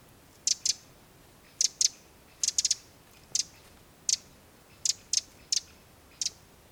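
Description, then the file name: Eurasian wren calls: hard clicking ticks, single, paired or in short triplets, repeated irregularly. "Troglodytes troglodytes"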